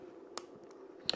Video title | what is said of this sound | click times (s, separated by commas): StartRC ND Filters for the DJI Mini 4 Pro: First look and Unboxing. | and you hear that when you hear that little snap you know you got it so then off it comes | 1.1 s